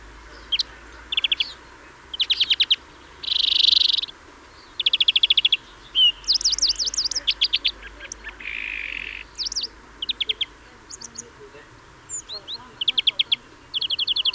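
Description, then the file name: European greenfinch calls: a busy run of short trills, twittering notes and a broad buzzy wheeze near the four-second mark, with brief pauses between phrases. "Chloris chloris"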